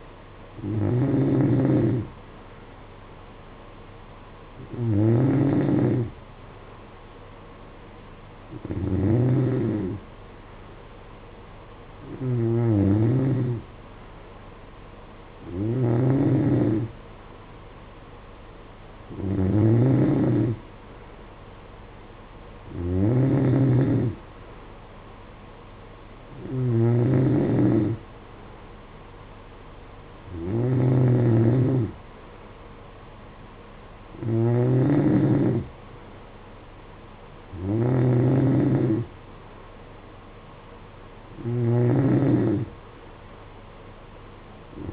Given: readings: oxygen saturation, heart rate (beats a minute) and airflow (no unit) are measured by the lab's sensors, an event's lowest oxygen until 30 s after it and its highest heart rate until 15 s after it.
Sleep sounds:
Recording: breathing in sleep by a voice recorder at the bedside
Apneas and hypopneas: none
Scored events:
none scored
From the record:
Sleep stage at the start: N2 (light sleep)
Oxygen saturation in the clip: 92 to 93%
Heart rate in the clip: 54 to 58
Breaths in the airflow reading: 12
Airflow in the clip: -8.3 to 5.8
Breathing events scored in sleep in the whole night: 476 in 9.7 hours asleep

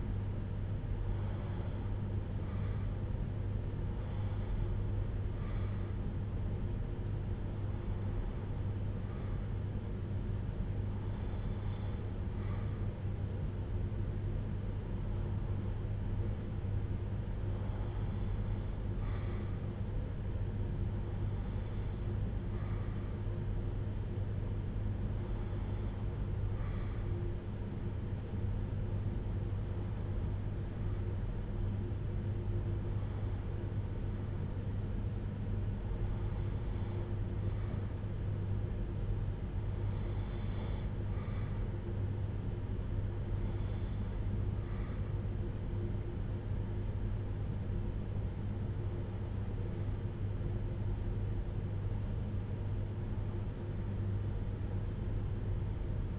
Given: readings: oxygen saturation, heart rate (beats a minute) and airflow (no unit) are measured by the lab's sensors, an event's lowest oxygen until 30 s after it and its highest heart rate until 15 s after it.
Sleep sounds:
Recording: breathing in sleep by a smartphone at the bedside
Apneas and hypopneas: none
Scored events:
44.00-56.19 s: new sleep stage, REM sleep
From the record:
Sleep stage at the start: N1 (lightest sleep)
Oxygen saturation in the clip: 92 to 93%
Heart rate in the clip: 59 to 65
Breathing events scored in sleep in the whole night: 310 in 8.1 hours asleep

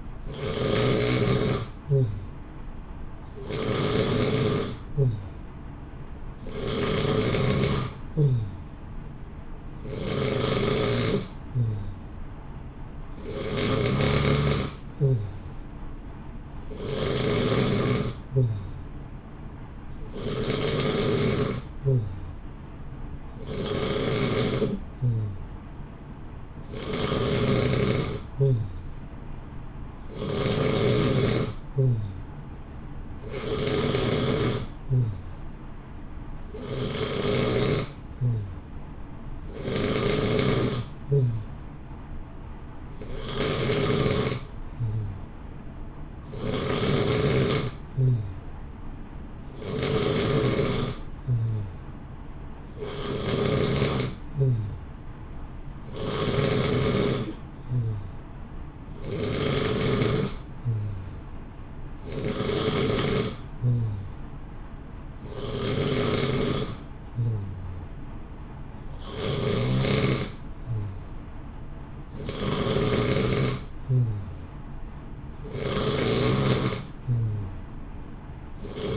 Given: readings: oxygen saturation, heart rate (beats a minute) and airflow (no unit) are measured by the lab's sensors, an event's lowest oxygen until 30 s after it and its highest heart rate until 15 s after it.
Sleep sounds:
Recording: breathing in sleep by a smartphone at the bedside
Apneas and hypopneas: none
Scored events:
10.00-70.00 s: new sleep stage, N3 (deep sleep)
70.00-78.97 s: new sleep stage, N2 (light sleep)
From the record:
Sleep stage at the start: N2 (light sleep)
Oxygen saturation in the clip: 89 to 91%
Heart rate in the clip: 58 to 65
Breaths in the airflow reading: 27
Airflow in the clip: -0.8 to 0.8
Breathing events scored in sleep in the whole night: 328 in 6.3 hours asleep

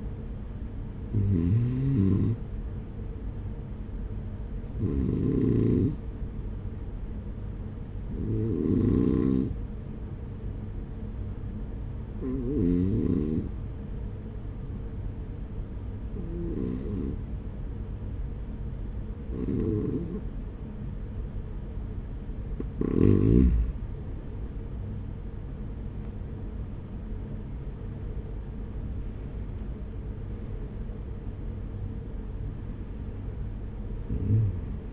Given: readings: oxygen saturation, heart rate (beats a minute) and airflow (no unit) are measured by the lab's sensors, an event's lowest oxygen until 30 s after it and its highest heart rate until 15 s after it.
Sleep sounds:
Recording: breathing in sleep by a smartphone at the bedside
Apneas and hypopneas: 1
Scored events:
11.00-23.70 s: hypopnea (REM, oxygen 96% highest, then 95% lowest)
From the record:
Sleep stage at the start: REM sleep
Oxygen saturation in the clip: 95 to 97%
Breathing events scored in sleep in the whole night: 210 in 6.9 hours asleep

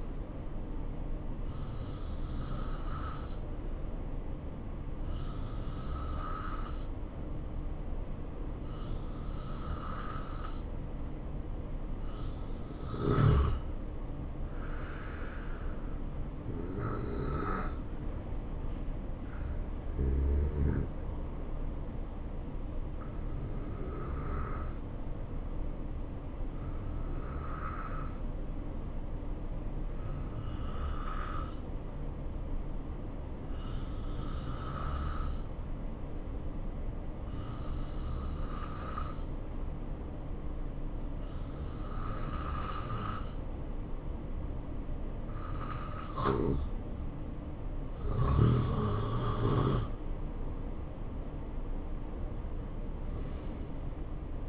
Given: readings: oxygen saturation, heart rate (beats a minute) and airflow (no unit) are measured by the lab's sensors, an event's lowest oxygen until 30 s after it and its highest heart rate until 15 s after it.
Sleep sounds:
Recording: breathing in sleep by a smartphone at the bedside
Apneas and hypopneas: 1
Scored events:
22.00-49.40 s: hypopnea (N2, oxygen 92% highest, then 87% lowest, heart rate 66 at the start, 77 highest)
From the record:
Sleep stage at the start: N2 (light sleep)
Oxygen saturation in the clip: 90 to 92%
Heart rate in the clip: 65 to 75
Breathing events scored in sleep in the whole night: 277 in 7.4 hours asleep

